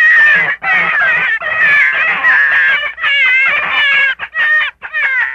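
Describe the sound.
Gray fox producing continuous wavering, yowling cries that rise and fall in pitch, delivered in long runs with only brief breaks.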